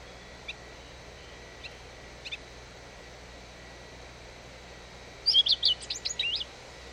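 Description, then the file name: Eurasian blackcap giving a brief burst of quick, high warbling notes near the end, preceded by a few faint isolated chips over steady background hiss. "Sylvia atricapilla"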